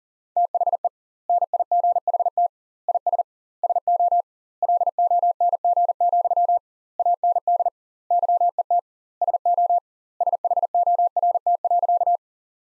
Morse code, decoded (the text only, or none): THE NIGHT IS SO LONG, AND YET SO SHORT.